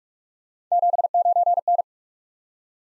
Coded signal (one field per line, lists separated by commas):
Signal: Morse code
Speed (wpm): 44 wpm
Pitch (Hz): 700 Hz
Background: none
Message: 79N